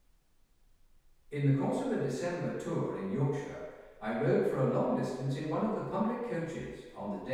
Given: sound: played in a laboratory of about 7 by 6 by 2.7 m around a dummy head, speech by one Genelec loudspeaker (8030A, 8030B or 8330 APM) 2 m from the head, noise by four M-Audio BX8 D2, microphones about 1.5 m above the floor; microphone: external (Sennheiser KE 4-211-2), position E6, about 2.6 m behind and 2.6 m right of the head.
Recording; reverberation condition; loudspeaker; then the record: male speech in English; high; 90 degrees to the left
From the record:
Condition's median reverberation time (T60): about 1300 ms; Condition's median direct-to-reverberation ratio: about -4.0 dB